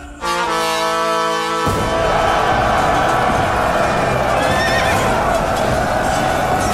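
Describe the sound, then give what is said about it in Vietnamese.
A horse lets out a loud, high whinny with clear harmonic bands, then a dense rumble of hooves and crowd-like noise carries on steadily beneath: General Lý spurs his horse back to his army lines amid a battle din at the siege of Ôn Châu. “Lý Tướng Quân nhấc đại đao lên, xoay dài vòng gạt phăng tên đi, thúc ngựa chạy về trận.”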